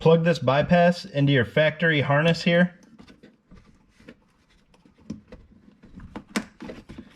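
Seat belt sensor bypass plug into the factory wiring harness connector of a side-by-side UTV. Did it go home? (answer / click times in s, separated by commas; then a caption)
yes / 6.4 s. Someone talks for the first few seconds while a seat belt sensor bypass plug, which keeps the seat belt light green with no warning noise or power draw, is pushed into the factory wiring harness connector of a Yamaha YXZ 1000R side-by-side UTV during a Pro Armor 5-point racing harness install. Quiet plastic handling ticks follow, then a loud, sharp click at 6.4 s as the plug snaps in and seats.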